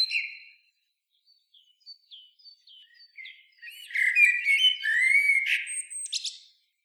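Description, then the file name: Common blackbird singing: soft scattered whistled notes, then a louder phrase of mellow low warbling mixed with thin, high squeaky twitters. "Turdus merula"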